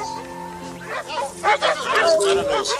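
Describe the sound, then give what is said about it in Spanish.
Several dogs bark in sharp, overlapping bursts over a low steady hum, with raised human voices and babble mixed in throughout. “¡Callen a esos perros!”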